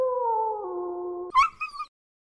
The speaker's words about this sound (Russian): С вершины одного из холмов, который они только что миновали, послышался громкий волчий бой. И почти мгновенно оборвался коротким предсмертным визгом.